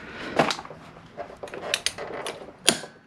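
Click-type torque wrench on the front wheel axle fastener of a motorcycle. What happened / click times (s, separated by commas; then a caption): Torque wrench clicks at its set torque / 2.7 s. A click-type torque wrench tightens the front wheel axle fastener on a motorcycle while the wheel is being reinstalled after a tire change. Ratcheting ticks and clatter come at about 0.4, 0.5, 1.7 and 1.9 seconds. A sharp, loud click at 2.7 seconds confirms the wrench has reached its torque setting.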